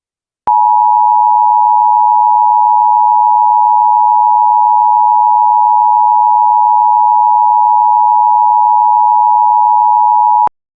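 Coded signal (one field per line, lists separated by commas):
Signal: Emergency Alert System (SAME) tones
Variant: 853 and 960 Hz attention tone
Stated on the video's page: Fictional made-up EAS alert, not a real broadcast.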